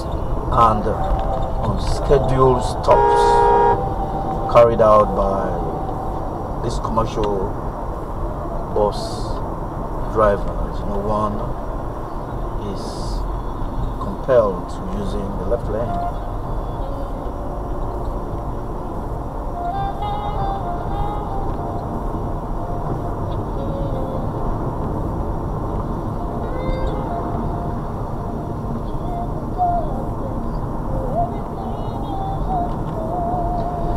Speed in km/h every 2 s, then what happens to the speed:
72, 71, 71, 71, 68, 68, 68, 66, 66, 68, 66, 63, 63, 60, 58, 58, 61.
0-19 steady at about 68. 19-27 slows to 58. 27-34 steady at about 58.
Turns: none.